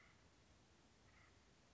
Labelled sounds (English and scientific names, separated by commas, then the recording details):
Acorn Woodpecker (Melanerpes formicivorus)
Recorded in Sonoma County, California